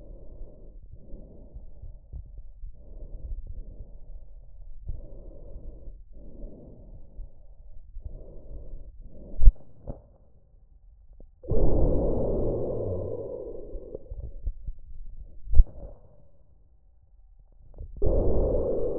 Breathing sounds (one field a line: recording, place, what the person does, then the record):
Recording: lung sounds by stethoscope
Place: trachea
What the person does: quiet breathing, then deep breathing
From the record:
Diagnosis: COPD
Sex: male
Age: 59 years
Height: 171 cm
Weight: 91.4 kg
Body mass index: 31.3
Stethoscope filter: extended mode